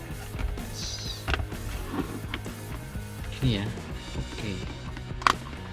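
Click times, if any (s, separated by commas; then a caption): 5.3 s. A plastic cover is pressed onto a Skeleton SKT8176 Auto Rotary 10-inch single-DIN Android car head unit while someone talks, with a few light knocks and handling sounds along the way. A sharp, bright click at 5.3 s marks the cover snapping home and seating in place.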